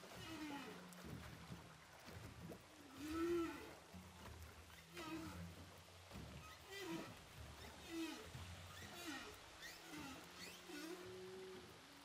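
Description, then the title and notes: Humpback whale song units: arched tonal cries rising and falling, repeated in a loose series, with softer low groans and a hissing water background. Humpback whales recorded with a DPA hydrophone offshore from Saint-Paul, Réunion Island. "Whales sound by hydrophophone DPA saint paul, ile de la reunion. Baleines à bosse enregistrées à l'hydrophone DPA au large de saint Paul de la réunion"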